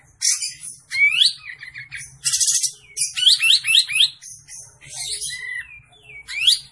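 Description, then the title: Olive-winged bulbul song with loud harsh buzzes, a series of four quick upward-swept whistles, and scattered chirps and twitters, over a faint low hum. Olive-winged bulbul singing vigorously (gacor); training recording (masteran) for cage birds. "Masteran Kapas Tembak Gacor"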